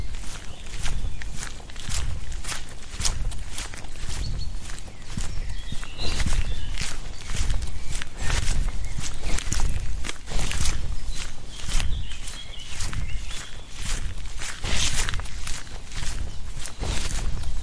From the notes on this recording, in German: Ein Spaziergang im Wald mit Hund, begleitet von vielen Vögeln